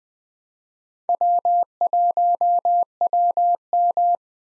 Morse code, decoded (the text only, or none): W1WM